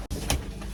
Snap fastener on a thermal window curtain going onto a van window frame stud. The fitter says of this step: pretty easily it snaps here snaps here here